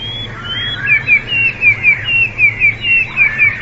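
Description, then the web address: Sparrow chirping, a quick run of short bright descending chirps, over a low steady hum. "wroblowe teka"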